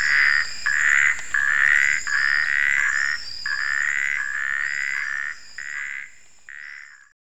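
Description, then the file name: Natal puddle frog giving a series of buzzy croaks in quick succession, growing fainter toward the end before stopping. "Phrynobatrachus natalensis"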